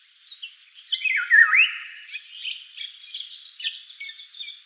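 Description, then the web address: Eurasian golden oriole whistle: a single mellow, swooping fluty phrase, mixed with steady high twittering and chirps from other birds. "common oriole common oriole"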